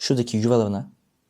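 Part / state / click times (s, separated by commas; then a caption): silicone strap into fitness tracker body / not seated / none. A silicone strap end is being fitted into the slot on the body of a Xiaomi Mi Smart Band 9 fitness tracker, likely the first side of the strap, to be held by a latching tab. Someone talks from about 0.1 to 0.9 s, then it goes quiet. The strap has not yet clicked or seated by the end of the clip.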